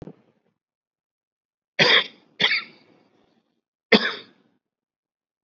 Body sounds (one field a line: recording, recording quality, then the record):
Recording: shallow voluntary cough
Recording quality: excellent, no background noise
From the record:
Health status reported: COVID-19 positive, mild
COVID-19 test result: positive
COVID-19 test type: RT-PCR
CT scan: not taken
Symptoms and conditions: cold, diarrhoea, diabetes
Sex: male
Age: 31 years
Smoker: no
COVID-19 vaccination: both doses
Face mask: worn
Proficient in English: yes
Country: India